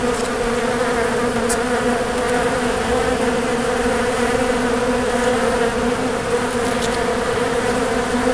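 Bee: continuous humming of many bees, a thick steady buzz, with a few faint high ticks.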